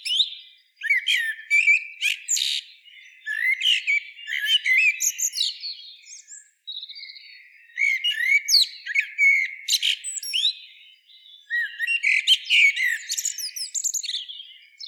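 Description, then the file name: Common blackbird in a long stretch of varied song: squeaky high twitters, sliding whistles and sharp notes in repeated phrases with brief pauses. "Turdus merula"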